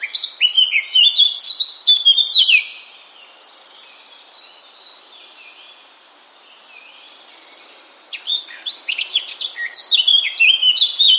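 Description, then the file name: Eurasian blackcap song: a fast, scratchy warbled phrase, then several seconds of quiet before another rich warbled phrase starts. "Sylvia atricapilla"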